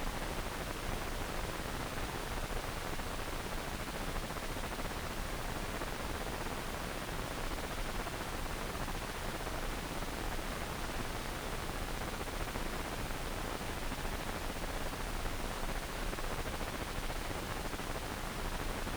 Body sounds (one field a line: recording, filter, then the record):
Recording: brain microelectrode recording played as sound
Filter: wide band, above 20 Hz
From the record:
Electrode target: subthalamic nucleus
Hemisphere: left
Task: reaching with the right hand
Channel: 1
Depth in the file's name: 1.267 mm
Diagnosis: Parkinson's disease